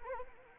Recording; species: mosquito wingbeat signal from an infrared sensor; Anopheles arabiensis